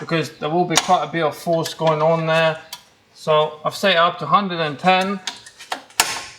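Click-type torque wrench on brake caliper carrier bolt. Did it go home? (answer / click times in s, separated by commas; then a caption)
yes / 5.7 s, 6.0 s. Someone talks while a caliper carrier bolt on a BMW E90/E92 front brake is tightened with a click-type torque wrench set to the specified 110 Nm. Sharp clicks ring out at 5.7 s and 6.0 s, confirming the wrench has clicked at its setting.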